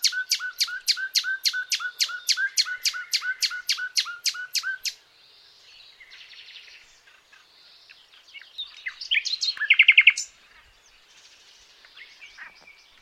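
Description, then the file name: Common nightingale song opening with a long run of loud, evenly repeated sharp notes, followed by soft twittering and a brief harsh buzzy trill. "Luscinia megarhynchos"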